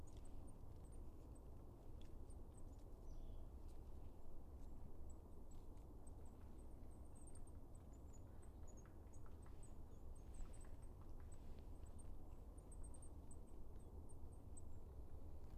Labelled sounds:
Goldcrest (Regulus regulus) call

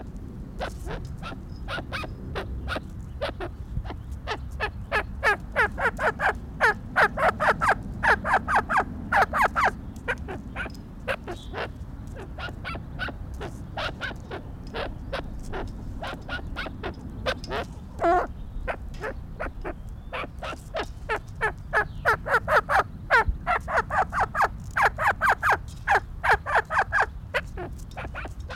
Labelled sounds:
Arabian Partridge (Alectoris melanocephala) call

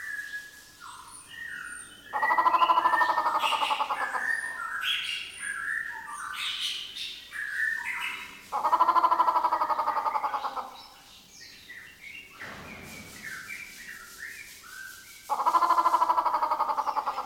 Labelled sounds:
White-rumped Shama (Copsychus malabaricus)

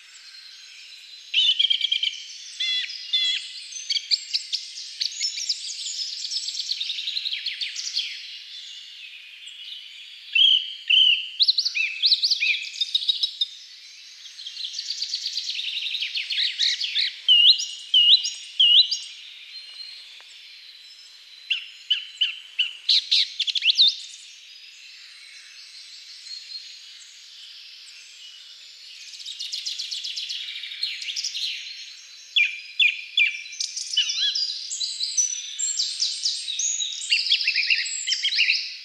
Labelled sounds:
Song Thrush (Turdus philomelos) song

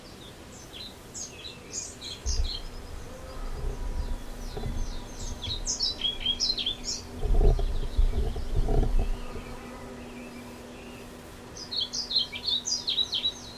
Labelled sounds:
European Starling (Sturnus vulgaris) song

